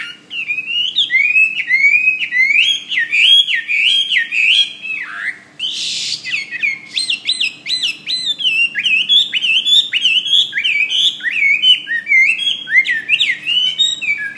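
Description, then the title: Bird pouring out a continuous, rapid chattering warble of high sweeping notes, interrupted once by a brief harsh noise burst. "SuaraBurung Kicau"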